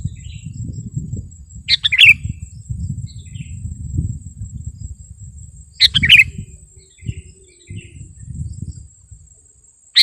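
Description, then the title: Sooty-headed bulbul song, bubbly phrases repeated roughly every four seconds against loud low rumbling noise and a constant high insect hum. "kutilang"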